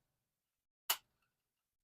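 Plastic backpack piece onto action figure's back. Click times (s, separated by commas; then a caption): 0.9 s. The plastic backpack piece of a 1980s Centurions action figure accessory set is pushed onto the plastic figure's back. A single sharp, bright click sounds at 0.9 s in otherwise near silence. The backpack locks on and is seated.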